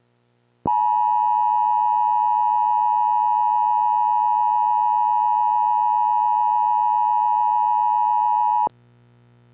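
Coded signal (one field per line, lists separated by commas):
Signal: Emergency Alert System (SAME) tones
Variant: 853 and 960 Hz attention tone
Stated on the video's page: Mock EAS scenario, zombie-themed, not a real alert.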